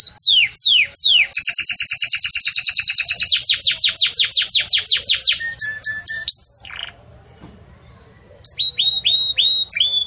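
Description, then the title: Belgian canary song: a long fast trill and downslurred notes, a brief pause, then evenly repeated paired whistled notes. Belgian canary singing in the 'campainha' (bell) style, offered as a song model for tutoring young chicks. "Belíssimo Canto Do Canário Belga Campainha Para Encarte De Filhotes"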